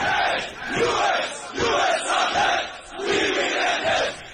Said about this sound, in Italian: Una folla oceanica a Teheran ha dato l'ultimo saluto al generale Soleimani, ucciso venerdì scorso in un raid americano a Baghdad. Al grido di morte all'America, la folla ha dato alle fiamme bandiere statunitensi e israeliane